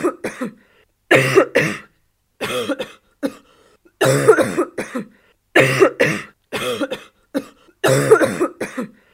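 Repeated coughing from an adult: about eight voiced bursts over roughly ten seconds, several breaking into quick double or triple coughs with short pauses between. The coughs have a harsh, throaty quality against a quiet background.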